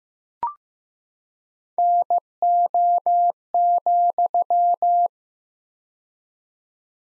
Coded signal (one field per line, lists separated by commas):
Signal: Morse code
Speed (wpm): 15 wpm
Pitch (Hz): 700 Hz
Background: none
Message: NO,